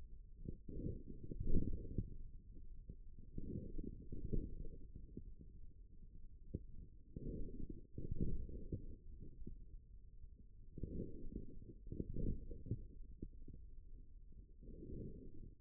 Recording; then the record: forearm muscle sounds (acoustic myography)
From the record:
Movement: forearm pronation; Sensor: system 1, eight BSWA MPA416 microphones around the upper forearm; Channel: 3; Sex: male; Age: 41 years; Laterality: right